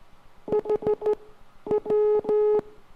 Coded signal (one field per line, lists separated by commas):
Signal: Morse code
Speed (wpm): 14 wpm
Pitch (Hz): 420 Hz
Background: none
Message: HW